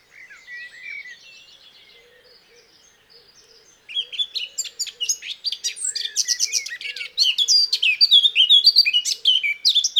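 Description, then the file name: Eurasian blackcap song opens with quiet, thin warbling, then bursts into a loud, dense run of varied chirps and fluty notes lasting six seconds. "Sylvia atricapilla"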